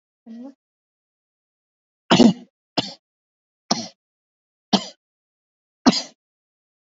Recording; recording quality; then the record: heavy voluntary cough; excellent, no background noise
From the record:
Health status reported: recovered from COVID-19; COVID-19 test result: negative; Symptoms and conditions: cough, cold, breathing difficulty, fever, hypertension, diabetes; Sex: male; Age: 53 years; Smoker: not ticked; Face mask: not worn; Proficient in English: yes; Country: India